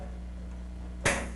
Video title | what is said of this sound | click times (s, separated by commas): Ford Tractor Repair Video (See Description) | there. It snaps in. Then you give it a wiggle. Make sure that it's tight and look in there | 1.1 s